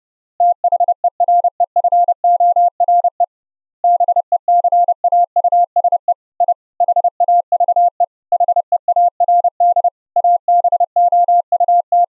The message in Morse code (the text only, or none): THEREFORE BECAUSE I HAVE HEARD ABOUT